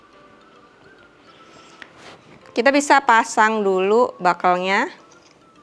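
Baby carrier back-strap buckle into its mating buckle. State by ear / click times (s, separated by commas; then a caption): not seated / none. A plastic back-strap buckle of a CudleMe Ultimo baby carrier (Solid Black Embroidery Star) is handled and pushed toward its mating buckle while someone talks. Only faint handling sounds are heard, with a brief tap at 1.8 s. Nothing has seated or clicked yet.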